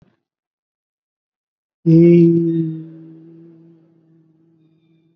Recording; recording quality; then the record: sustained vowel as in beet; excellent, no background noise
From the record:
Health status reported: COVID-19 positive, mild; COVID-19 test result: positive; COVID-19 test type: RT-PCR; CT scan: not taken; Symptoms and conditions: cough, fever, fatigue, hypertension, diabetes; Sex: male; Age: 67 years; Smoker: yes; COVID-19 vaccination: one dose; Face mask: not worn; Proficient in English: no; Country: India